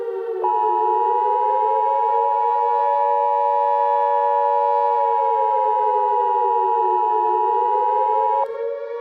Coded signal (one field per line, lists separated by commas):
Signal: Emergency Alert System (SAME) tones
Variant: 853 and 960 Hz attention tone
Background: music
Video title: EAS Scenario: The Huge Hawaiian Tsunami